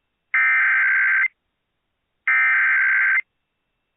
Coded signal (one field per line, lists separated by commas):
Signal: Emergency Alert System (SAME) tones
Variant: header bursts